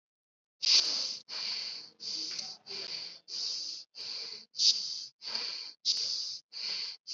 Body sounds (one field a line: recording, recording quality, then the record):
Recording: shallow breathing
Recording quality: excellent, no background noise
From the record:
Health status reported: COVID-19 positive, no symptoms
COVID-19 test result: positive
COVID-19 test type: RT-PCR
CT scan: not taken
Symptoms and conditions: none ticked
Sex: female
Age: 18 years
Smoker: no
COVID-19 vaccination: both doses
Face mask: worn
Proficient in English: yes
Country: India